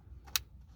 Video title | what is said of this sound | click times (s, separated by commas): 2019 Toyota Rav4 LE Hybrid wireless charger installation | click in place it's very self-explanatory i don't need to like talk much about it just put it in | 0.4 s